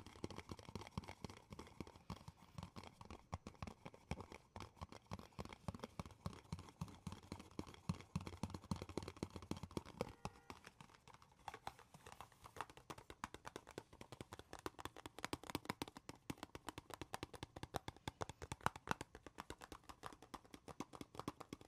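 Tapping and scratching on wood, cork and cardboard, with quick dense taps running through the whole clip. During the first ten seconds the taps are heavier, with a fuller low thump. After that they turn lighter and sharper, mixed with scratchy scraping strokes.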